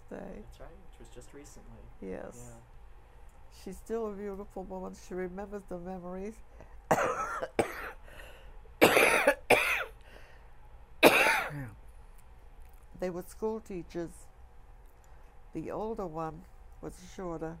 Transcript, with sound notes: That's right, which was just recently.
Yes.
Yeah.
She's still a beautiful woman. She remembers the memories. [coughs] They were schoolteachers. The older one was shorter.